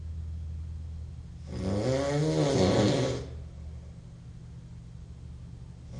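A single loud, rattling, obnoxious nasal snore from an adult male, lasting about two seconds over a steady low hum; sound effect.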